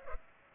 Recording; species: mosquito wingbeat signal from an infrared sensor; Culex pipiens